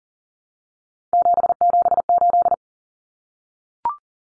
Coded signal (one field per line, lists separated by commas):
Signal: Morse code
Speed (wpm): 37 wpm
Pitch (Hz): 700 Hz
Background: none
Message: 778